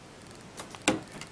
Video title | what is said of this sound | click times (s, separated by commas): HCM BÁN MÁY IN CŨ EPSON GIÁ RẼ NHẤT 0934565677 | you hear that that was a click and you gotta do that for each one see | 0.9 s